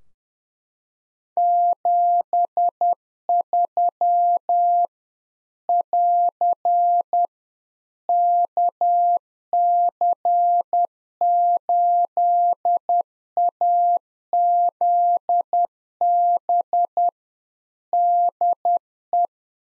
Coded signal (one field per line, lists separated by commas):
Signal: Morse code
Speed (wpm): 10 wpm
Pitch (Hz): 700 Hz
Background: none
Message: 73 <AR> KC8AZB DE